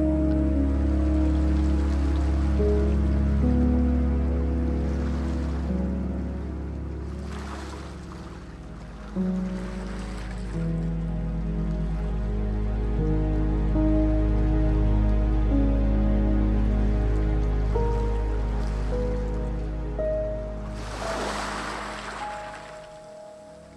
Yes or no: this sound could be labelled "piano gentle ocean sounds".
yes